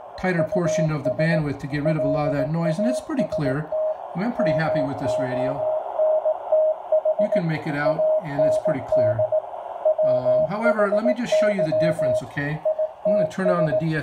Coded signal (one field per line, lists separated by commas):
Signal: Morse code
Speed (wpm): 18 wpm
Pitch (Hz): 620 Hz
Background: speech, radio noise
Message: US LAST MONTH AND WHY ITS